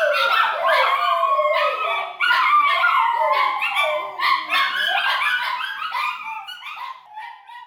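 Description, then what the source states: Schnauzer dogs howl together in high, wavering voices, with a brief dip around two seconds and fading toward the end. Schnauzers howling together, with a man howling along.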